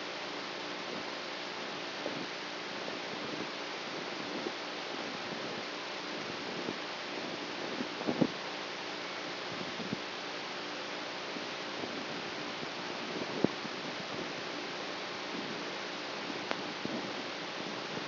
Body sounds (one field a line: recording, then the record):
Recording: brain microelectrode recording played as sound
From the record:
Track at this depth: outside the subthalamic nucleus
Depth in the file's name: 0.314 mm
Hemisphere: right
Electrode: 3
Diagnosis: Parkinson's disease